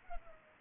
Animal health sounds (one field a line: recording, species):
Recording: mosquito wingbeat signal from an infrared sensor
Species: Culex pipiens